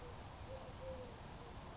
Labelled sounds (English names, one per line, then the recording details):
Eurasian Collared Dove
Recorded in Sonoma County, California